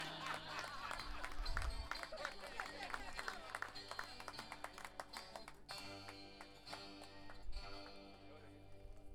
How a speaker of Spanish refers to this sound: Un aplauso fuerte para los payadores.